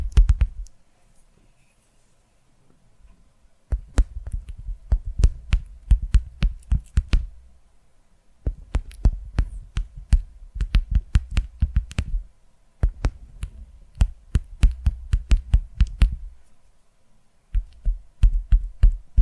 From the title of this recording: ASMR Tapping Through Your Brain